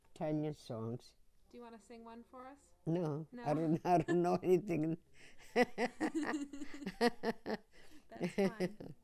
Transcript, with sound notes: Italian songs.
Do you want to sing one for us?
No. I don't know how, I don't know anything. (they laugh)
That's fine.